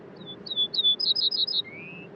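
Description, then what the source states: Ortolan Bunting song, a series of clear high repeated notes followed by a lower drawn-out note, in a quiet background. Col du Granon, 2400 m, above Briançon, Hautes-Alpes; 23 June 2018 at dawn; recorded this time without the noise of the torrent.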